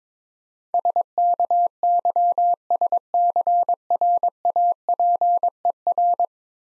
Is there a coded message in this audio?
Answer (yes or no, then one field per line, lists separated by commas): yes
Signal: Morse code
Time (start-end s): 0.7-6.3 s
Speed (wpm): 23 wpm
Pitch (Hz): 700 Hz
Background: none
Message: SKYSCRAPER